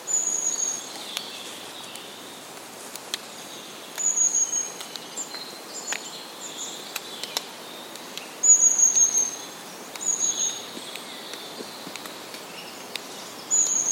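A woodland soundscape with high, thin bird whistles recurring every few seconds over a quiet hiss, punctuated by sharp, scattered clicks.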